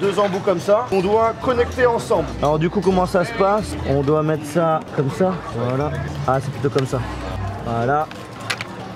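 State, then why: Released. Two plastic end pieces of a toy droid kit's motor section are joined together while someone talks over background music. At 8.5 s and 8.6 s two sharp clicks are heard as the connector pieces unclip and come apart again.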